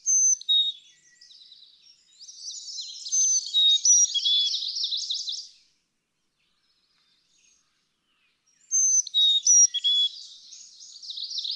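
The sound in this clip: Carolina chickadee song of clear high whistles falling to lower tones, embedded in dense buzzy chatter, with a long quiet gap before the whistles resume.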